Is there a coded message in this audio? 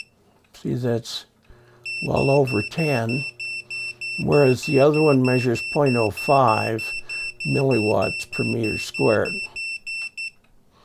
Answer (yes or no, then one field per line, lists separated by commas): no